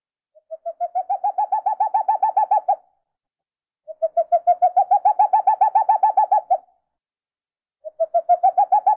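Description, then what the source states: Owl giving rapid trains of soft, evenly spaced hoots, each bout lasting a few seconds and rising slightly, repeated after short silent pauses. Owl, marked NL.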